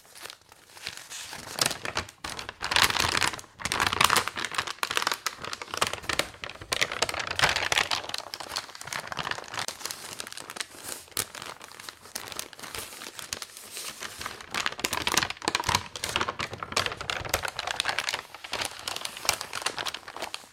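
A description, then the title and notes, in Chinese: Someone reading a newspaper, the pages rustling and crinkling almost without pause for the whole stretch. Sharp, bright crackles come in dense bursts, loudest around three to eight seconds and again near fifteen, with brief quieter gaps between handlings of the paper. 看报纸。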